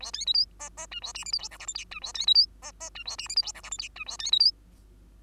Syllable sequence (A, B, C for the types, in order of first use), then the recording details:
A B C D E E F A G H I J K L M N F A B C D E E F A G H I J K L M N F A B C D. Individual Bird2